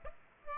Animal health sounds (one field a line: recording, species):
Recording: mosquito wingbeat signal from an infrared sensor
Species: Aedes aegypti